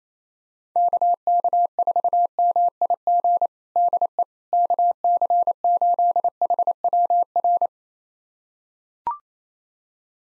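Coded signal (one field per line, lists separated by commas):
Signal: Morse code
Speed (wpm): 28 wpm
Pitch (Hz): 700 Hz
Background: none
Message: KK4MIG DE KC8HWR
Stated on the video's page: Morse call sign pair copying drill at 28 wpm, each pair sent, then spoken, then sent again.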